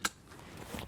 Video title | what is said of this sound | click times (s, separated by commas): How to install a rearward-facing child car seat | into the seat belt buckle. Listen for the click. | 0.0 s